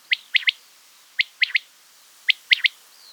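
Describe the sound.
Quail call: three quick, sharp, high notes in a tight phrase, given three times about a second apart, with quiet between phrases.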